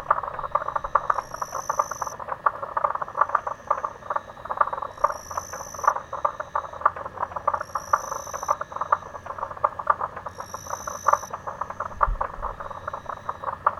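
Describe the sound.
Frogs calling in a dense chorus of rapid, rattling croaks, with a high, steady tone sounding about every three seconds above it.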